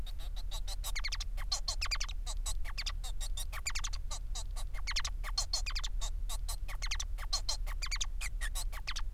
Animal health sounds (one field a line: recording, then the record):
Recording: song of a male Bengalese finch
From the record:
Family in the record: son of father 4